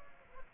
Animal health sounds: mosquito wingbeat signal from an infrared sensor; Aedes aegypti

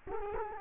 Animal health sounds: mosquito wingbeat signal from an infrared sensor; Culex quinquefasciatus

